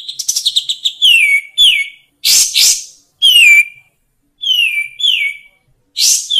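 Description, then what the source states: Grey-cheeked Bulbul singing a quick stuttering trill, then repeated clear downslurred whistles mixed with harsh, noisy bursts, phrases spaced by short pauses. Long-duration master recording for training songbirds.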